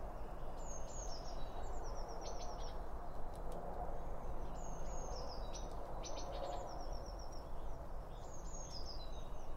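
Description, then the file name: Birds twittering in high, thin phrases of whistled notes and chirps, in bursts every few seconds over a steady low rumble. Birds around a bird feeder, recorded with two Line Audio OM1 microphones. "Birds Around Birdfeeding With Two Om 1 From Line Audio"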